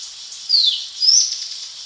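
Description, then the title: Tepui brush finch giving two high thin slurred notes, the first falling and the second rising, over a steady background hiss. "LuckyPassaro Completos2Sama. Tepui Brush Finch (Atlapetes personatus)"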